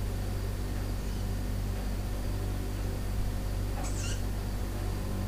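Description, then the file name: Owl giving one short, shrill squeak partway through, set against a steady low droning hum. Owl heard indoors with a fridge; dated 10 06 17; recorded on an MZ-N710. "Chouette pendule frigo 10 06 17"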